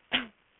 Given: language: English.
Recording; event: throat vibration sensor signal played as sound; cough